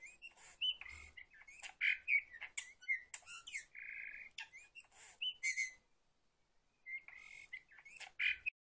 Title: Pavanegra. Camachuelo común. Cantando